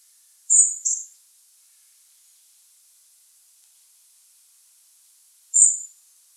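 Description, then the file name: European robin calling with high, thin notes, a quick double note early on, then a single note about five seconds later, silence between. "Erithacus rubecula"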